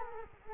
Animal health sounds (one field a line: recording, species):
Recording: mosquito wingbeat signal from an infrared sensor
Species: Culex quinquefasciatus